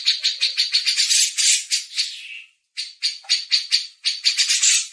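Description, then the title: Grey-cheeked bulbul chattering in scratchy, pulsed bursts that swell and fade, with one short silent gap midway. Masteran training recording. "MASTERAN CUCAK JENGGOT"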